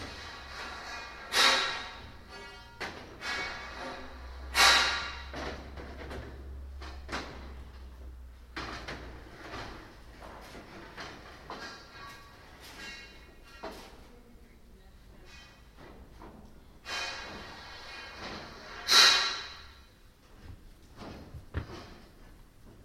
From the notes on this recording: Construction workers are building a scaffold around the Theresia of Ávila church in The Hague.